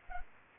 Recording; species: mosquito wingbeat signal from an infrared sensor; Culex pipiens